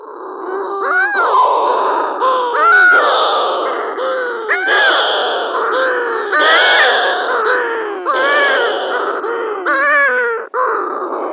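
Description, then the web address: Balearic shearwater calls: harsh, nasal cackling notes with rising inflections, repeated roughly every one to two seconds in an overlapping, raucous chorus. "Schulze Peter Balearic Shearwater"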